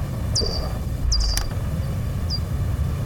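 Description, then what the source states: Daubenton's bat echolocation through a bat detector, a few brief sweeping calls over a low steady rumble. Heard clearly, live on a bat detector.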